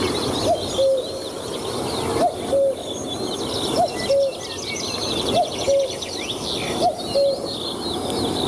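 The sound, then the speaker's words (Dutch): A cuckoo repeats its two-note call five times at a steady pace, the second note lower than the first, over a busy background of twittering songbirds. “Ja, koekoeksgeluid.”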